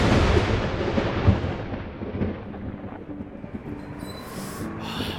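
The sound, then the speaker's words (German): A deep, rolling rumble of thunder from an evening storm with heavy lightning swells loudly at the start, then slowly fades into a long, steady low roar with a faint hiss toward the end. No one speaks. “Auch heute Abend ist wieder mit heftigem Blitz und Döner zu rechnen.”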